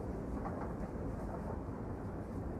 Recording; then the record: background sound without coughing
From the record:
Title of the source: Train Ride Ambience ambient white noise for sleeping, focus, studying, reading